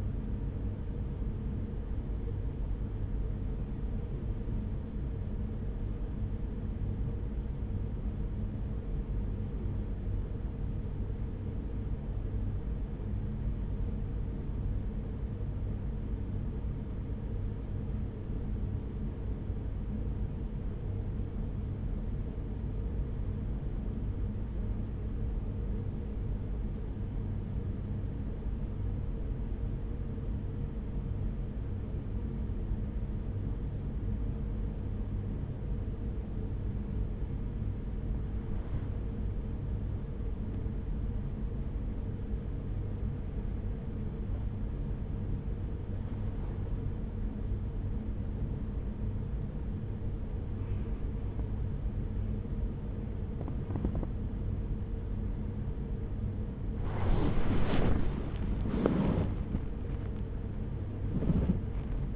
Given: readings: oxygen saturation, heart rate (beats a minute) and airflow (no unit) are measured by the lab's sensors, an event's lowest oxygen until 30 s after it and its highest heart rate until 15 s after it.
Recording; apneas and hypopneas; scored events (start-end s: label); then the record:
breathing in sleep by a smartphone at the bedside; 1
9.00-38.60 s: hypopnea (N2, oxygen 94% highest, then 93% lowest, heart rate 42 at the start, 62 highest)
39.00-62.16 s: new sleep stage, awake
44.00-62.16 s: awake
From the record:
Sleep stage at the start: N2 (light sleep); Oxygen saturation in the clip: 92 to 95%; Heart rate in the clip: 41 to 63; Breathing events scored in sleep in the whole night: 210 in 6.9 hours asleep